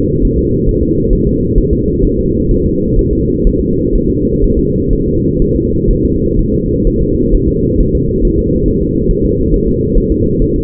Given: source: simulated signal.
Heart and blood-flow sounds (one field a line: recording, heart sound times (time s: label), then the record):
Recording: fetal heart sounds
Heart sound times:
0.25 s: S1
0.39 s: S2
0.69 s: S1
0.83 s: S2
1.13 s: S1
1.27 s: S2
1.58 s: S1
1.73 s: S2
2.05 s: S1
2.19 s: S2
2.51 s: S1
2.66 s: S2
2.99 s: S1
3.13 s: S2
3.47 s: S1
3.61 s: S2
3.95 s: S1
4.10 s: S2
4.44 s: S1
4.59 s: S2
4.93 s: S1
5.08 s: S2
5.42 s: S1
5.56 s: S2
5.91 s: S1
6.05 s: S2
6.39 s: S1
6.54 s: S2
6.87 s: S1
7.02 s: S2
7.35 s: S1
7.49 s: S2
7.81 s: S1
7.95 s: S2
8.25 s: S1
8.39 s: S2
8.68 s: S1
8.83 s: S2
9.11 s: S1
9.25 s: S2
9.54 s: S1
9.68 s: S2
9.98 s: S1
10.12 s: S2
10.42 s: S1
10.56 s: S2
From the record:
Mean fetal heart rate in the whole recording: 130 bpm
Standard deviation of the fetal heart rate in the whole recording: 4 bpm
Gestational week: 38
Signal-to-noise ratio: -10.2 dB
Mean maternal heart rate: 72 bpm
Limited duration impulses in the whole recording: present